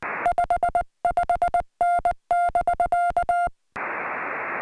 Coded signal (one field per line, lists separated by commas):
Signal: Morse code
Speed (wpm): 20 wpm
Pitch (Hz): 700 Hz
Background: music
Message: 55N <BK>